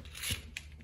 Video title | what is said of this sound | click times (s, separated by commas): A weeks worth of wiring in 39 minuites! Awd chevy gets a chassis harness - Desperado | have it clicked in and then I can join the wires to the appropriate length | 0.6 s